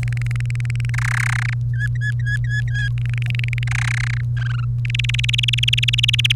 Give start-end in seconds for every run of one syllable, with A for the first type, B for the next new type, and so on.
0.03-0.90 A, 0.94-1.54 B, 1.73-2.88 C, 2.98-3.63 A, 3.67-4.21 B, 4.37-4.65 D, 4.85-6.32 E